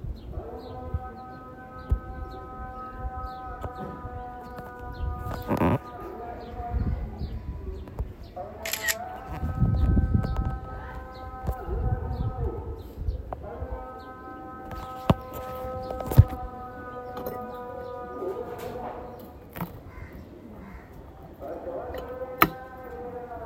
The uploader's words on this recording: Sounds of Zanzibar. Experience the sounds from the rooftop of the Zanzibar Coffee House.